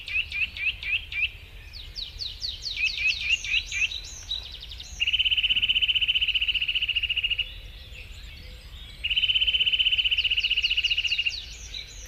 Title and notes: Pähkinänakkeli. Juha Laaksonen